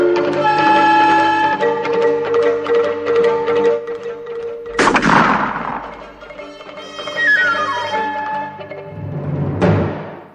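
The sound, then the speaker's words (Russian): A loud, sharp rifle shot, fired by Calhoun from horseback as he chases the headless horseman, cracks out over steady musical tones and rings off into a fading tail, puffing smoke from the muzzle; then a second abrupt bang strikes near the end. “Облачко дыма вырвалось из дула ружья, и какой-то предмет, словно возникнув из этого дыма, упал на землю.”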